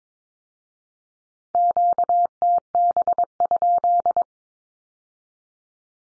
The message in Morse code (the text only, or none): QTB?